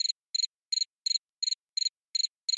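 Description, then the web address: Cricket chirping in short trilled bursts of about three pulses each, repeated steadily roughly every third of a second, high-pitched and clean against a silent background. "cricket loop"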